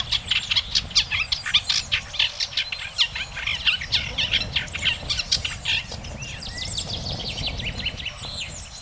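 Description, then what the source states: Bird chirping in quick high twittering bursts, busy at first then thinning into softer scattered notes, over a steady low background rumble. Birdsong used for training pet birds to sing.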